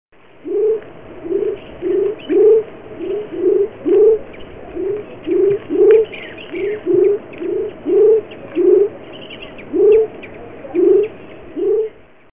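Frog croaking in a long series of short, low, hooked notes, with faint higher chirps in the background.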